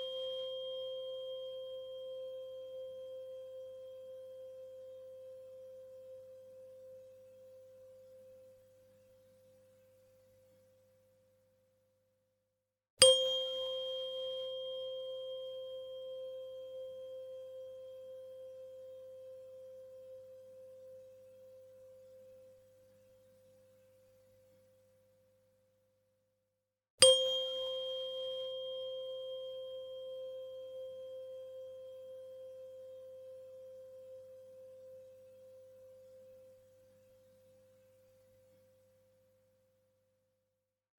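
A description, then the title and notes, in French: A pure 528 Hz tone is struck three times, at the start, near 13 and 27 seconds, each ringing and slowly fading. Fréquence 528 Hz.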